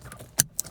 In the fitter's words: now plug this end in right here until it clicks in place